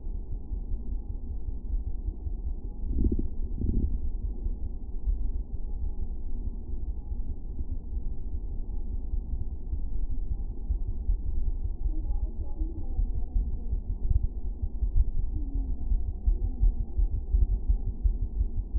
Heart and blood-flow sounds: fetal heart sounds by stethoscope on the mother's abdomen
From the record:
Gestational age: 39 weeks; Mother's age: 27 years

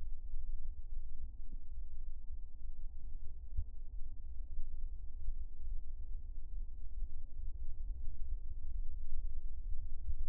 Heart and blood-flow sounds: fetal heart sounds by stethoscope on the mother's abdomen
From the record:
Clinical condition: abdominal pain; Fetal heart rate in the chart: 144 bpm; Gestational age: 39 weeks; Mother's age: 27 years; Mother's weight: 55 kg

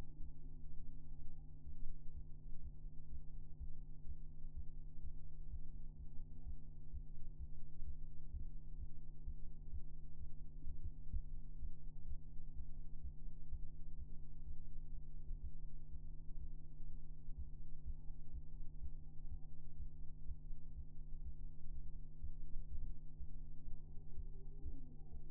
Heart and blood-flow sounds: fetal heart sounds by stethoscope on the mother's abdomen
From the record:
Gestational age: 33 weeks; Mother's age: 21 years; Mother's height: 151 cm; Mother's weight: 51 kg

